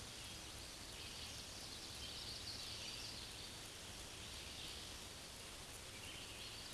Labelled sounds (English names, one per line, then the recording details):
Black-and-white Warbler song
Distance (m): 40 m
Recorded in a Pennsylvania forest on 19 May 2023 at 10:37
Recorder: AudioMoth, point grid1_27_low
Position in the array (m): 87 m, 64 m